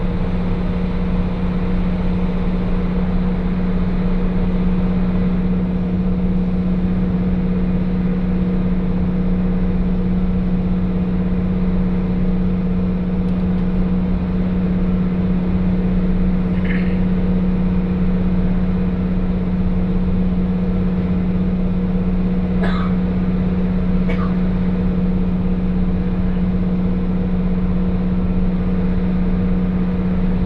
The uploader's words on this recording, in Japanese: 耳で楽しむ鉄道旅 函館本線 函館→池田園（藤城支線経由）。函館から大沼を経由して、2022年廃止駅（ちなみに乗車日は廃止前日です）の１つである池田園駅まで行ってみました。